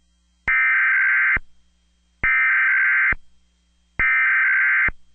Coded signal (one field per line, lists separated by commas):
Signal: Emergency Alert System (SAME) tones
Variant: header bursts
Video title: EAS MONTHLY TEST